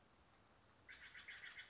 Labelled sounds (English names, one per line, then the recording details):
Western Flycatcher
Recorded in Sonoma County, California